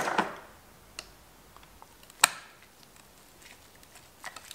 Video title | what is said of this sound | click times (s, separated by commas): KTM 990 ADV Air Intake maintenance and Upgrade - Back in the Garage | that one snap into place you just flip that tab over do the front one | 2.2 s